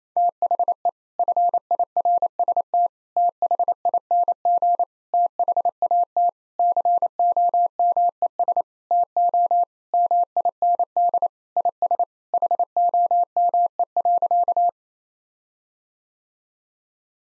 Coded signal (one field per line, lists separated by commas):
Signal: Morse code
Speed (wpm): 28 wpm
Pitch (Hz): 700 Hz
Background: none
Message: THE FIRST THING THAT COMES TO MIND IS HOME.